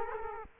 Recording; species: mosquito wingbeat signal from an infrared sensor; Culex quinquefasciatus